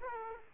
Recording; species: mosquito wingbeat signal from an infrared sensor; Aedes aegypti